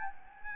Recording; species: mosquito wingbeat signal from an infrared sensor; Anopheles arabiensis